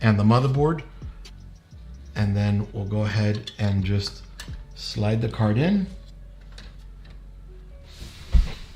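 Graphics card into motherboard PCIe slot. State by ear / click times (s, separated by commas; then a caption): not seated / none. A graphics card is being slid into a motherboard's PCIe slot, and someone talks over the handling. Faint ticks of contact are heard, and the clip ends before the card goes home, so nothing has seated or clicked yet.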